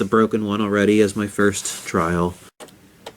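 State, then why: Seated. During a no-power repair on an Atari 2600 game console, a plug (likely the power plug) is pushed into the repaired jack. Someone talks for most of the clip, then a short tick is heard at 3.1 s as the plug snaps in and seats. Before the repair, it just fell back out.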